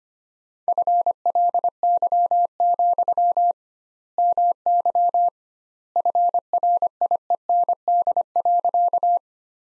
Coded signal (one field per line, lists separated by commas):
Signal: Morse code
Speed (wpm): 25 wpm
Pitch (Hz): 700 Hz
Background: none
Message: FLY, MY FRIEND.